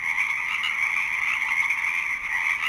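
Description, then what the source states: Pacific chorus frogs in a dense chorus, many overlapping trilled calls merging into a continuous buzzing drone without pauses. Marsh soundscape recorded April 22 around 3 a.m., played back in sync with the time of recording.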